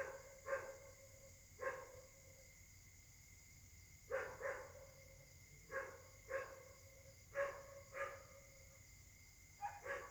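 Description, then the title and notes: Dog barks, single or paired, with pauses between, over a steady high whine. Dogs barking together at night in Caltex, Trois-Mares, Réunion; recorded on a Samsung Galaxy S8 smartphone whose left microphone tends to be clogged. "Caltex, 3 mares, Réunion. La nuit s'annonce difficile pour les habitants: concert de chiens"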